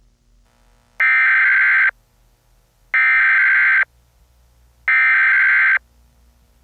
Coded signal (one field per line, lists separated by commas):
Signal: Emergency Alert System (SAME) tones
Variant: header bursts